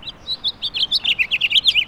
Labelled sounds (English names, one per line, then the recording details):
House Finch song
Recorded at Oakdale on Long Island, New York, on 18 June 2013
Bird B